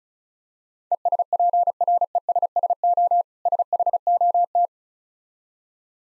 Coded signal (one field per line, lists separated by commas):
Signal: Morse code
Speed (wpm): 36 wpm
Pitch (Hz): 700 Hz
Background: none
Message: ESPRESSO SHOT